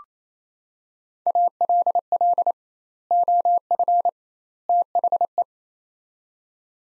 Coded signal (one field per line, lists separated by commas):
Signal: Morse code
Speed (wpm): 27 wpm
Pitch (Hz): 700 Hz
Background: none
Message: ALL OF THE